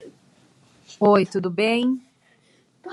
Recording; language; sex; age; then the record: short text; Brazilian Portuguese; female; 30 to 39 years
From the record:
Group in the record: control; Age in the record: 35 years